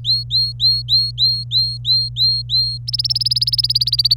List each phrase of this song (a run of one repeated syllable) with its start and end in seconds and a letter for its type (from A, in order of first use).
0.04-2.77 A, 2.87-4.16 B